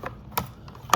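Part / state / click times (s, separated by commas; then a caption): brush roll assembly into cordless vacuum head housing / seated / 0.9 s. During reassembly of a Sharper Image cordless vacuum head, a part of the brush roll assembly (the brush roll or its end cap) is fed through an opening in the plastic head housing and pushed in. Soft knocks of plastic handling sound around 0.1, 0.4 and 0.7 seconds. A sharp, loud click at 0.9 seconds marks the assembly locking into place with no more resistance.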